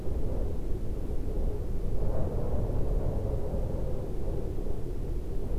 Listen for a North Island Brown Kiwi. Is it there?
no